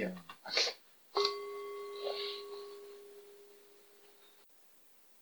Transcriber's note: bell rings